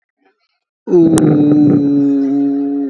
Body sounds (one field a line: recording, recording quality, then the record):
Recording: sustained vowel as in boot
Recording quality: moderate, slight background noise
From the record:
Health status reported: healthy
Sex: male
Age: 35 years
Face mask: not worn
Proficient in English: yes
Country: India